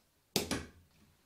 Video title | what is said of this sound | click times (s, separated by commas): 2019 PC Assembly Video, Ep. 2: Installing the CPU, SSDs, RAM and Motherboard | I heard both sides snap | 0.4 s, 0.5 s